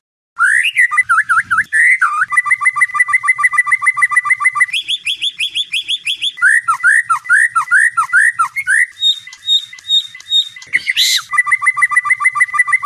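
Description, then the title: White-rumped shama song, a long varied stream of rapid repeated notes, upslurs and high sharp chips, shifting between phrase types with barely a pause. Song in labaik style, used for training other birds. "MURAI BATU LABAIK"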